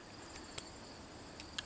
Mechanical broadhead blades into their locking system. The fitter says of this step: and you can hear it engage